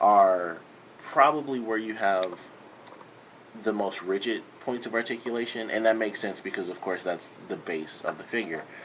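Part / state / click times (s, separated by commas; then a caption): action figure leg ratchet joint / seated / 2.9 s, 3.0 s. Someone talks while the leg or ankle ratchet joint of a Play Arts Super Street Fighter IV Sakura action figure is moved until it snaps into a set position. Two short clicks are heard at 2.9 s and 3.0 s during a pause in the talking. The figure's leg joint snaps into place.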